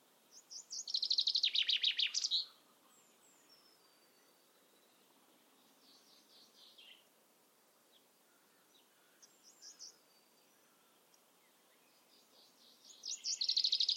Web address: cianscape birddata Deverinetal 2025 File origin Bird Only Fr Co